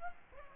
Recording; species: mosquito wingbeat signal from an infrared sensor; Aedes aegypti